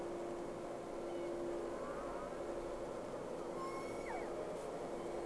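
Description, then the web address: Whale calls: several thin whistled sweeps, a few sliding downward near the end, set against a steady mechanical hum and hiss. Two whales, recorded 3 October 2006. "Sea Snake 10-3-06 Whales X 2"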